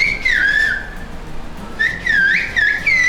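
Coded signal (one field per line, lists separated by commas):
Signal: whistled language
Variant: Turkish kuş dili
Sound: a loud gliding whistle rising and falling in short phrases, like birdsong speech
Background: outdoor background noise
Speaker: Funktioniert, ja. Soll sich dreimal im Kreis drehen, das hat funktioniert.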